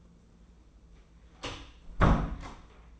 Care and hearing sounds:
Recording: daily activity, microphone in the room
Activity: close door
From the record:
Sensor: 1

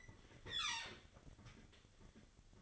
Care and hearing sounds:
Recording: daily activity, microphone in the room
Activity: open fridge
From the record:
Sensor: 4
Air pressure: 1008.6 hPa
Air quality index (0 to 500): 74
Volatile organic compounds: 1 ppm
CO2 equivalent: 630 ppm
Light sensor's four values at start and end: 13/29/12/12 and 12/28/11/11

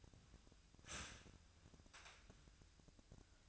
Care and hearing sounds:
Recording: daily activity, microphone in the room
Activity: start toaster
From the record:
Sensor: 2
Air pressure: 1001.9 hPa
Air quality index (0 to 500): 245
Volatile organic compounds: 37 ppm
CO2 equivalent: 3098 ppm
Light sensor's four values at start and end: 9/30/12/11 and 9/30/12/11

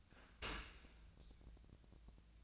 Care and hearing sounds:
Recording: daily activity, microphone in the room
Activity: open dishwasher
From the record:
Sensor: 2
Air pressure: 1000.3 hPa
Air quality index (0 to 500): 165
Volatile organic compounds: 3 ppm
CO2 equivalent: 1368 ppm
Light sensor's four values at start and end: 11/30/11/13 and 11/30/11/13

